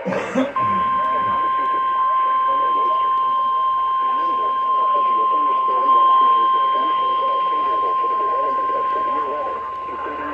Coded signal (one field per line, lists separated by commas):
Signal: Emergency Alert System (SAME) tones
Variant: 1050 Hz attention tone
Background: speech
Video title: Multiple Storms:Part 1|EAS 1240-1255|EAS Alerts from June 20th 2024